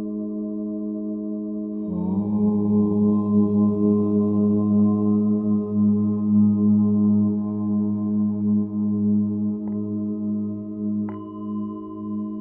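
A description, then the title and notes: Tibetan singing bowls ring with steady, sustained tones, and at about two seconds a deep chanted OM begins beneath them, holding a low, gently wavering drone. A light strike near ten seconds and another near eleven add a fresh, brighter ringing tone. Om Mantra for Meditation, Healing, and Concentration with Tibetan signing bowls. Tibetan signing bowls and the OM mantra.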